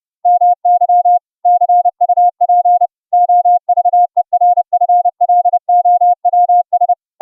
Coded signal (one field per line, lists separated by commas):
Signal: Morse code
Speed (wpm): 30 wpm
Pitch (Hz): 710 Hz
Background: music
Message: MY CUP OVERFLOWS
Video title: QSO'n Morse Code CW over the internet - using the FREE streaming app - ULTRAGRID